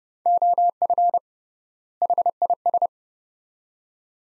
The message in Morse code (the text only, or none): OF HIS